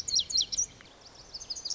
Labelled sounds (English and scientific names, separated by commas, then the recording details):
Lazuli Bunting (Passerina amoena)
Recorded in Sonoma County, California